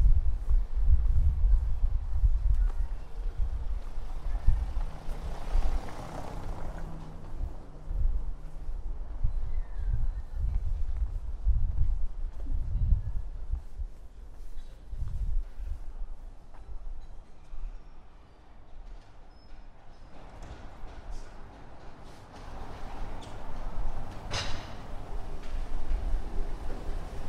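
A walk through Prague from the Castle to Charles Bridge, with a steady low rumble of street sound and passing traffic throughout. A few brighter swells pass around six seconds and again near twenty to twenty-five seconds, with faint voices and a possible clip-clop of hooves.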